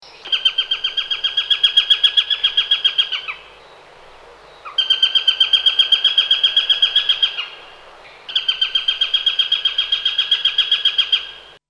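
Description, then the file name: Eurasian sparrowhawk calling: three runs of rapid, sharp kek notes, each run lasting about three seconds and separated by brief gaps. "sperber"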